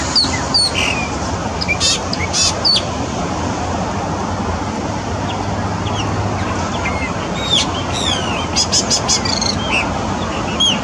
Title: Passaro Preto